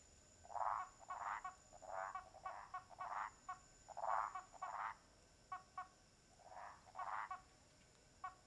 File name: Sapos no lago inicio da noite com estalos de madeira, grilos e cigarras longe